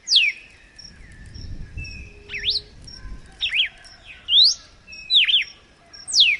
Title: Canto Galo Campina Fêmea. Galo de Campina açoite escorrido na natureza